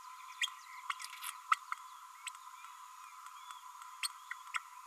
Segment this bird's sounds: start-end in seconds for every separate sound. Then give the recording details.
0.41-0.47, 1.51-1.56, 2.26-2.29, 4.54-4.57. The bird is a male. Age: 32 days. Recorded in a nest box in Venezuela. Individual 17B32A6